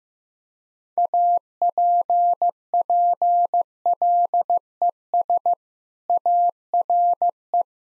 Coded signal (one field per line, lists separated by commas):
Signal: Morse code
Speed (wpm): 15 wpm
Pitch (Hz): 700 Hz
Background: none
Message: APPLES ARE